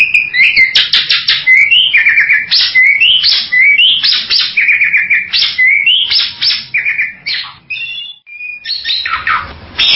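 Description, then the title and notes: Bali myna singing a busy, varied phrase of clear whistles broken by short harsh bursts, then a pause and a final rasping note. "Jalak Bali. Kicau Burung Jalak"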